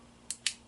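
A computer component, likely a memory module, is pressed again into a motherboard during a scrap PC build after the first push gave no click. Two sharp clicks are heard at 0.3 s and 0.5 s, and the component is seated.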